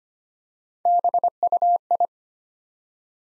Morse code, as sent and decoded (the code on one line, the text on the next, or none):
-... ..- ..
BUI